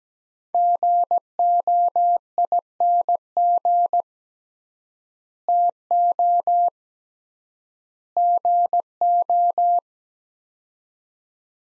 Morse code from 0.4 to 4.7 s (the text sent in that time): GOING